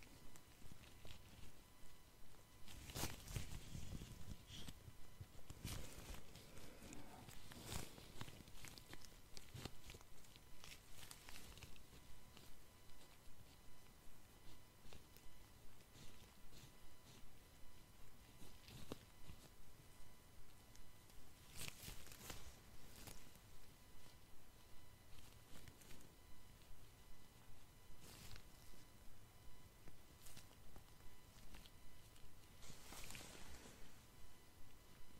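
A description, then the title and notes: Gloved fingers and tweezers work over a face in a soft, steady run of rubbing and scratching textures. Sharper crackling bursts stand out at intervals, around 3, 6, 10, 22 and 33 seconds, while a faint steady tone hums underneath throughout. ASMR Personal Attention Face Touching with Gloves Tweezers.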